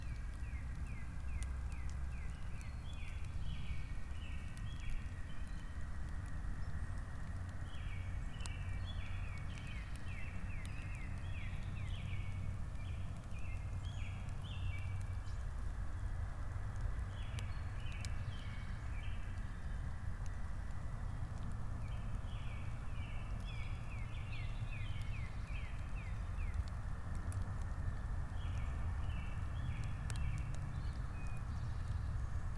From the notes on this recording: Spring birds, squirrels, and rain active in a disturbed hardwood forest.